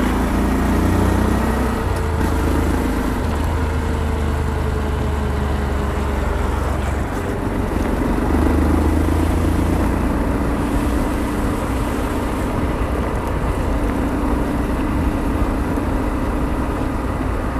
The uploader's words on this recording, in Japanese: 無言でバイクを走らせました。周りの車の音なども入っています。